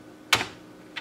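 On a Brother HL-L2380DW printer, the green handle on the drum unit is pushed to release the plastic toner cartridge. One sharp click sounds at 0.3 s, followed by a fainter tick at about 1.0 s, and the toner cartridge is released from the drum unit.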